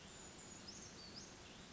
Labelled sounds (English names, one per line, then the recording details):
Brown Creeper
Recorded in Sonoma County, California